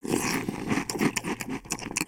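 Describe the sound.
Pet eating, with irregular crunching and chewing bursts over about two seconds.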